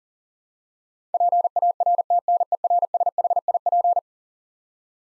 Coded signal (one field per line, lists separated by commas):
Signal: Morse code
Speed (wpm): 37 wpm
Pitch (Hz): 700 Hz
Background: none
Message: PARTNERSHIP